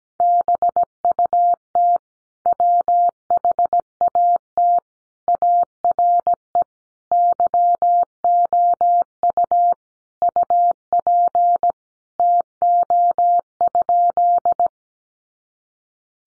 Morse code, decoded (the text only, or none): BUT WHAT ARE YOU UP TO?